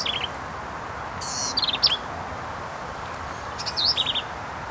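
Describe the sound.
Black-capped vireo song: rapid, chattering phrases mixing buzzy and clipped notes, in a few separate bursts.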